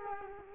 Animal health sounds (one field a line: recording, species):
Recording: mosquito wingbeat signal from an infrared sensor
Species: Culex quinquefasciatus